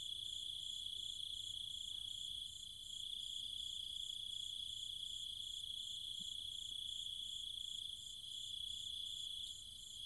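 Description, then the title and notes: Cicadas and other insects in a dense steady chorus, a high continuous whine with a shimmering upper band. Nighttime cicadas together with other insects in trees and fields of the countryside near Chiang Mai, Thailand. "Cicada countryside, Thailand. Nighttime sounds of the cicadas and insects in the trees and fields, Chiang Mai, Thailand. Recorded by Alex Boyesen"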